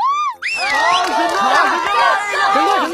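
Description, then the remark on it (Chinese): A classroom crowd erupts in cheering, jeering and whistling as a classmate is called on to perform, opening with a short sliding whistle and a rising whistle before a dense, steady wash of excited, overlapping shouts and hoots. “立刻教室里传来一片叫好声、起哄声、口哨声。”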